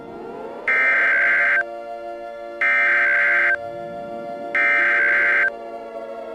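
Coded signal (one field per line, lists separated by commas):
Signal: Emergency Alert System (SAME) tones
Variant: header bursts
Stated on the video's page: Fictional EAS scenario about a scary creature, with sirens credited to other creators.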